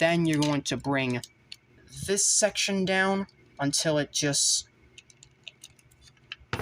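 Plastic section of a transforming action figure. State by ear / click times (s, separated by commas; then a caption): seated / 6.3 s, 6.5 s. Someone talks, then a plastic section of a Transformers Studio Series 44BB rerelease DOTM Leader Class Optimus Prime action figure is brought down and forced over a plastic tab, with a few faint plastic ticks around 5.0 to 5.6 seconds. Two sharp clicks at 6.3 and 6.5 seconds mark the section locking into place.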